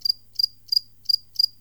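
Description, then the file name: Cricket chirping, five sharp high double-pulsed chirps evenly repeated about three times a second, with a faint low hum underneath. Crickets mating. "CRICKETS MATING Adam Bent"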